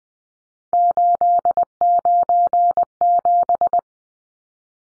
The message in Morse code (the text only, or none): 897